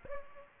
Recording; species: mosquito wingbeat signal from an infrared sensor; Aedes aegypti